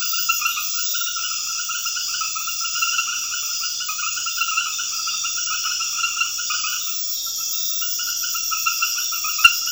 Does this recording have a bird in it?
no